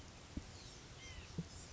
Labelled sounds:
White-breasted Nuthatch (Sitta carolinensis)
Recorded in Sonoma County, California

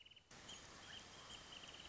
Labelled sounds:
Wrentit (Chamaea fasciata)
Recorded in Sonoma County, California

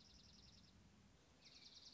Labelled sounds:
Dark-eyed Junco (Junco hyemalis)
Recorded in Sonoma County, California

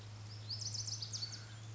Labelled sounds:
Lazuli Bunting (Passerina amoena)
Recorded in Sonoma County, California

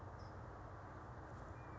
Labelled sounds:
California Towhee (Melozone crissalis)
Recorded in Sonoma County, California

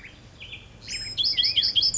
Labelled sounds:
Black-headed Grosbeak (Pheucticus melanocephalus)
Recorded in Sonoma County, California

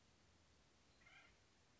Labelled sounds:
Acorn Woodpecker (Melanerpes formicivorus)
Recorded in Sonoma County, California

